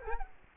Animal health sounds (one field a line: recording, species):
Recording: mosquito wingbeat signal from an infrared sensor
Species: Culex quinquefasciatus